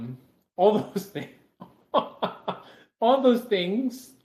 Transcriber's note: chuckles